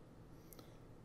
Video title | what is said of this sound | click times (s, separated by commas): Custom Built Gaming Computer by TimsComputerFix.net | DVD RW drive I'm going to just lock right into place like that pretty simple | 0.5 s